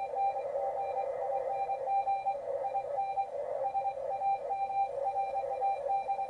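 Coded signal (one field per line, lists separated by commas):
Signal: RTTY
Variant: 45.5 baud, 170 Hz shift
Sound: rapid warbling between two close tones, steady continuous teletype chatter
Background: radio static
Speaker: the tone pairs we can do is 170 Hertz shift 425 or 850 170 is used by hams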